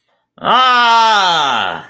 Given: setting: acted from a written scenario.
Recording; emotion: vocal sound without words; fear